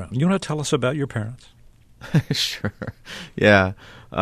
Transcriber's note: laughter